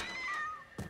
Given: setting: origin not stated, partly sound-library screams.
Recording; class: one-second piece from a danger detection set; woman in danger